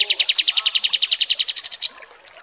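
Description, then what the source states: Kapas tembak song: a quick rhythmic trill of repeated notes that rises in pitch near the end. Masteran (tutor recording for training cage birds) of kapas tembak song, described as 'mewah' (luxurious).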